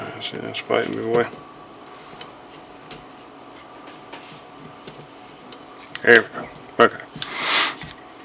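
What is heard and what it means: A part of a Jefe MC9 short stroke replacement trigger assembly is worked into the polymer frame of a Canik METE MC9 pistol while someone talks, with a few small ticks and handling noises as the part resists. Nothing has seated or clicked yet.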